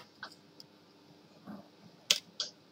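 While reassembling a refilled Samsung MLT-D101/D111 (Xerox 3020/3025) laser toner cartridge, the plastic end part holding the chip is pressed onto the cartridge body. Soft taps and rustles lead up to a sharp click at 2.1 s as the part snaps home, followed by a second, softer snap at about 2.4 s. The end part is seated.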